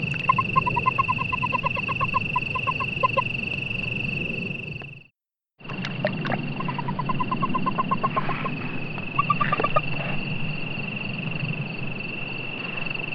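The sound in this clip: Hot Creek toad: several trains of rapid chirping pulses separated by pauses, with a brief dropout in the middle, a steady high hum and rumbling background.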